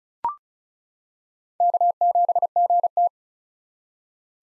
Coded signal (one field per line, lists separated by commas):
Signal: Morse code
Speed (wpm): 34 wpm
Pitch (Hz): 700 Hz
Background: none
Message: K7GT